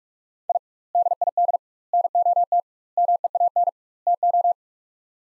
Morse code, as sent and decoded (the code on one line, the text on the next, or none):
.. / -.. .. -.. / -. --- - / -- . .- -. / - ---
I DID NOT MEAN TO